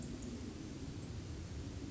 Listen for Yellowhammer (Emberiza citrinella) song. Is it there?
no